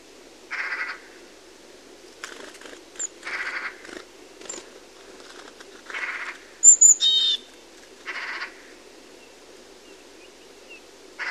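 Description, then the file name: Eurasian magpie giving harsh, rasping single calls, spaced a couple of seconds apart, with a brief high whistled phrase from another bird midway. "Pica pica"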